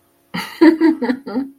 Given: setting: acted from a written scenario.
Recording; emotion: vocal sound without words; amusement